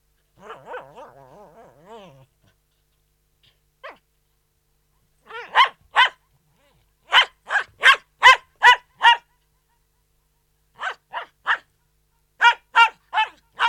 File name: Digiffects Sound Effects Library - Poodle Dog Barking Indoors